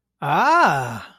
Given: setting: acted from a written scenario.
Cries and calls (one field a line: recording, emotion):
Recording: vocal sound without words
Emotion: positive surprise